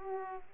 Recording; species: mosquito wingbeat signal from an infrared sensor; Aedes aegypti